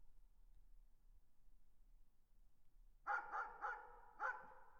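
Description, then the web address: Dog barking: quiet for three seconds, then four sharp barks in quick succession, the last after a short pause. "tag собаки"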